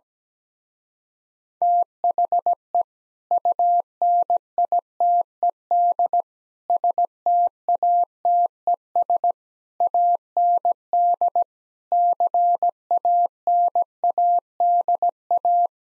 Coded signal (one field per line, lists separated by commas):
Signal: Morse code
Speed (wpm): 17 wpm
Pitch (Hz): 700 Hz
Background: none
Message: THE UNITED STATES AND CANADA